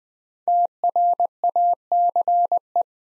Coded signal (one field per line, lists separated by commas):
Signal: Morse code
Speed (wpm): 20 wpm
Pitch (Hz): 700 Hz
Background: none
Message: TRACE